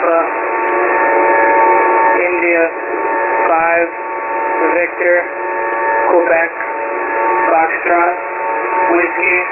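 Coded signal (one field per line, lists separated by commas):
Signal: coded military voice message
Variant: HFGCS Emergency Action Message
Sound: voice over a narrow radio channel reading phonetic-alphabet letters and numbers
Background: radio static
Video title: HFGCS EAM 240120 08:29 UTC [182 CHARACTER MESSAGE]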